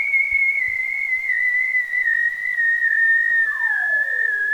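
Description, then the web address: Bearded seal call, a sustained high whistle drifting gradually lower, with a separate sweep falling steeply in pitch near the end. "Biodiversity of Marine Sound Bearded seal"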